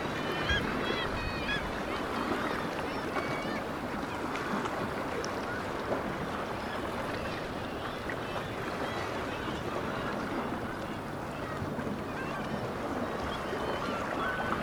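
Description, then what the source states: Black-legged kittiwakes calling together in a dense, continuous chorus of nasal, wavering cries overlapping without pause, with a steady broad rushing background. Kittiwakes recorded at Dunbar.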